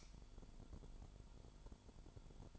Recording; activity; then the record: daily activity, microphone in the room; light on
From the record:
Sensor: 5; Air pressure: 1008.0 hPa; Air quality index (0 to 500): 105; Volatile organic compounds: 1 ppm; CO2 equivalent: 813 ppm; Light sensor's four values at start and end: 34/79/32/33 and 35/81/33/33